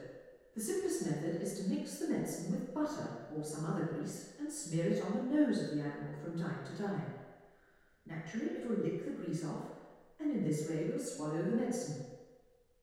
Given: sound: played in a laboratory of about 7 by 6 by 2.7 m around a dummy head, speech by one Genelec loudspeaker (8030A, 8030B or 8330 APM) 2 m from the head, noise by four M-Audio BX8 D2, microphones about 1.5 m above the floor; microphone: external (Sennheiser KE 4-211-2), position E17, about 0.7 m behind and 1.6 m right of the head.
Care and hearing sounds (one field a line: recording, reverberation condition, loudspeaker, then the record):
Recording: female speech in English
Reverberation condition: high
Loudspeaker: 60 degrees to the left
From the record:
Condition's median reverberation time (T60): about 1300 ms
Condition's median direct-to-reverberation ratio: about -4.0 dB